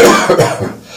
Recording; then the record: coughing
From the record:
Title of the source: Cough Around the Clock!